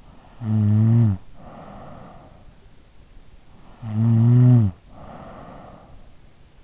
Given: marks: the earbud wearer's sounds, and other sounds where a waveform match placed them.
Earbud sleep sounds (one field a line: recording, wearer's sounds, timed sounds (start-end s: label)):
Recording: sounds in sleep by an in-ear microphone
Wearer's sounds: snoring breath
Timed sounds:
0.23-2.52 s: snoring breath
3.89-6.18 s: snoring breath